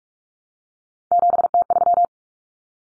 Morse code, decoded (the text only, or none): 7T3